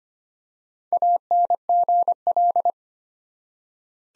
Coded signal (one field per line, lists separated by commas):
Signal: Morse code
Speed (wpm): 25 wpm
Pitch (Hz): 700 Hz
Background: none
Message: ANGL